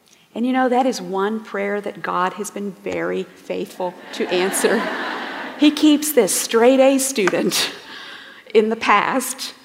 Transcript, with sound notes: And you know, that is one prayer that God has been very faithful to answer. (laughter) He keeps this straight-A student in the past.